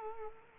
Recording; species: mosquito wingbeat signal from an infrared sensor; Culex quinquefasciatus